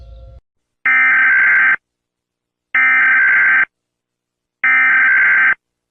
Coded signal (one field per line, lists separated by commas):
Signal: Emergency Alert System (SAME) tones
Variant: header bursts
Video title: EAS ALARMS OF AMERICAN COUNTRIES